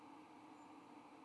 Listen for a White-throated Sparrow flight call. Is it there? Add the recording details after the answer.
no. No flight call is heard. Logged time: 04:20 on 5 December 2014